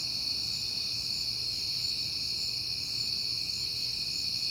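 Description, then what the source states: Crickets trilling continuously in a shimmering high chorus that hardly varies, with soft low background hum. Recorded on a peaceful night in September, when crickets had been heard often.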